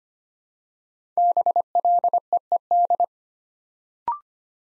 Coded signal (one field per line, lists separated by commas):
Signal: Morse code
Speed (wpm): 25 wpm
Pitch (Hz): 700 Hz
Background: none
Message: BLEED